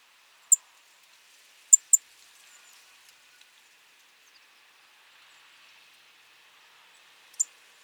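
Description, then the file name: European robin calling with thin, high, clipped notes: a single note, then a quick pair, then another single note after a long pause, over a soft hiss. "Erithacus rubecula"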